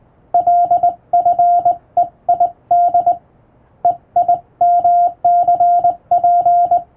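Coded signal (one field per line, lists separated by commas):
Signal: Morse code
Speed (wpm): 21 wpm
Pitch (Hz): 700 Hz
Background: radio noise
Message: LFEID EIMCP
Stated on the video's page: Hand-keyed practice sending of international Morse telegram texts from a telegram practice book by a first-class radiotelegraph operator.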